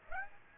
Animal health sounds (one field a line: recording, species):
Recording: mosquito wingbeat signal from an infrared sensor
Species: Aedes aegypti